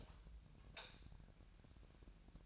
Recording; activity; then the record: daily activity, microphone in the room; light off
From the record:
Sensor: 2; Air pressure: 1011.8 hPa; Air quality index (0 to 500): 209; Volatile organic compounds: 3 ppm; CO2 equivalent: 1476 ppm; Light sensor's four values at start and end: 13/33/14/15 and 10/24/10/10